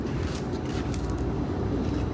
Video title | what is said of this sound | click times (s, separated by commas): Our Discovery on a Tesla Model 3 Santa Barbara Road Trip | so you pop that on the uh the end there make sure it snaps into place | 0.9 s